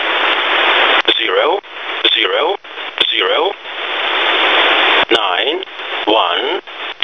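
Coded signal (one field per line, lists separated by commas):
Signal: numbers station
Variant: E07a, English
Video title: Russian E07a "English Man" number station at 7933 kHz (null message)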